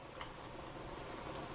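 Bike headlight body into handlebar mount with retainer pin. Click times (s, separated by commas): 0.2 s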